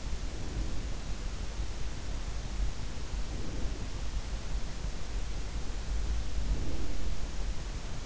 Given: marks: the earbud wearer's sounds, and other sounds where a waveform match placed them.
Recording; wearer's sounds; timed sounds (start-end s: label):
sounds in sleep by an in-ear microphone; breath
0.00-1.14 s: breath
3.14-4.25 s: breath
6.25-7.33 s: breath